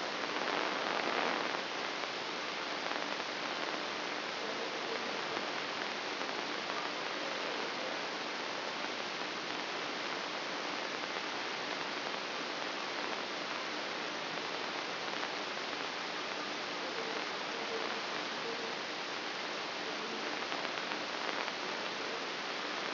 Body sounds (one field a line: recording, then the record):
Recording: brain microelectrode recording played as sound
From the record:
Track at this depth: inside the subthalamic nucleus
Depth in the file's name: 4.065 mm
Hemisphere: left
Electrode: 3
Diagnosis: Parkinson's disease